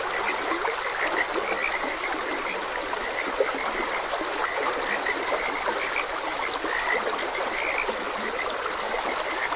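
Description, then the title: Frogs croaking in a steady chorus of short, bright notes, repeated irregularly over rushing, trickling stream water. Frogs croaking beside a gentle stream. "Gentle Stream and Frogs Croaking"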